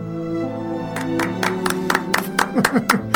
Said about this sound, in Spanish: Qué poco serio este programa. ¿Cómo van a aplaudir así nomás? Tienen que decir palabras.